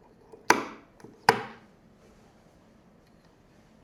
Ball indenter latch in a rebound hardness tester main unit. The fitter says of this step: While pressing this release pin, we push the unit downward until it clicks.